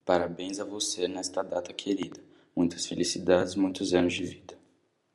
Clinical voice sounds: short text; Brazilian Portuguese; male; 20 to 29 years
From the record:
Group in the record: control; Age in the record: 21 years

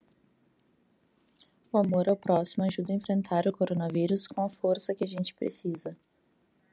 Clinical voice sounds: spoken sentence; Brazilian Portuguese; female; 30 to 39 years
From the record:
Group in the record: control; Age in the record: 36 years

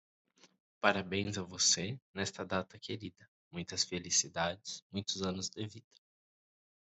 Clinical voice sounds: short text; Brazilian Portuguese; male; 30 to 39 years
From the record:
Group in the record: control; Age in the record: 31 years

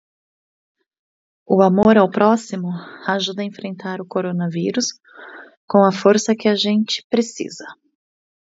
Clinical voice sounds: spoken sentence; Brazilian Portuguese; female; 40 to 49 years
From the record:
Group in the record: control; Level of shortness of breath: 1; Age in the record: 41 years

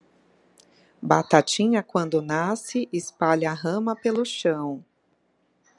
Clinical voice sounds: short text; Brazilian Portuguese; female; 40 to 49 years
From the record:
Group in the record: control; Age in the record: 43 years

